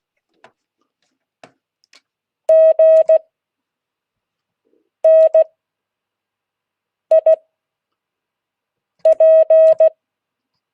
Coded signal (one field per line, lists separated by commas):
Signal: Morse code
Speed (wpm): 16 wpm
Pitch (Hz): 640 Hz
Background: none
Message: GNIP